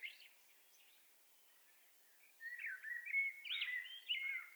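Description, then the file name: Common blackbird singing a soft, brief warble, followed after a pause by a richer, louder fluted phrase over the last two seconds. "Turdus merula"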